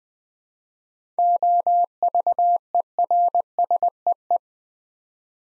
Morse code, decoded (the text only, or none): OVERSEE